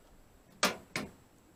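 On a 2003 Dodge Ram pickup, a newly installed replacement locking tailgate handle is worked to test it. Two sharp metallic clicks ring out at 0.6 s and 1.0 s against a quiet background. The tailgate latch releases, and the new handle works.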